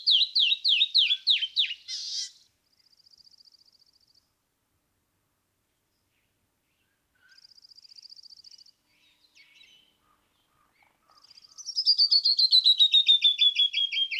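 Canyon wren song, a falling run of whistles ending in a buzz, then soft trilled notes, quiet pauses, and another long descending cascade.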